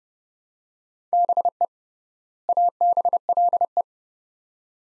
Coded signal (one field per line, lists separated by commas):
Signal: Morse code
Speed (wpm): 30 wpm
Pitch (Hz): 700 Hz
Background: none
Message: BE ABLE